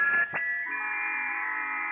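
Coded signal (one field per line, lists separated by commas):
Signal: FT8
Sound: burst of hiss and a click, then many overlapping steady warbling tones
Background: radio static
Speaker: FT8. FT8. This is the FT8 frequency, 7074.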